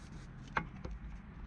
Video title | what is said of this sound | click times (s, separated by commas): How to set up and clean the Graco GX FF airless spray pump | or it is just clicking down it only goes very very slightly down you can feel it clicking down so | 0.6 s